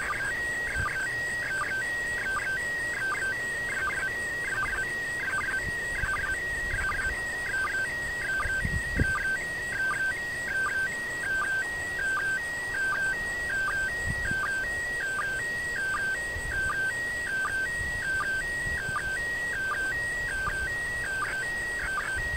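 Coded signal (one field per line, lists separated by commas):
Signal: SSTV (slow-scan television)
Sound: continuous warbling tone stepping between two pitches, punctuated by quick regular low chirps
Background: radio static, low rumble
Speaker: finished with the transmission.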